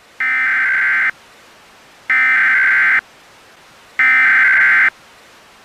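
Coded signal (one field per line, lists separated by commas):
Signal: Emergency Alert System (SAME) tones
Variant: header bursts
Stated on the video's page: Fictional Christmas EAS scenario with valid tones.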